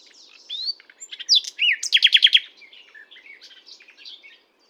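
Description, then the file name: Common nightingale song with a rising whistle, sweeping slurs and a rapid stuttering series of loud repeated notes, trailing into softer chatter. "Luscinia megarhynchos"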